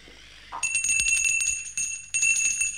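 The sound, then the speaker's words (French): A small hand bell rings with a bright, high, shimmering tone, shaken in three bursts that each restart the jangling ring before it can fade. “Il n'entend point et ma sonnette ne fait pas assez de bruit.”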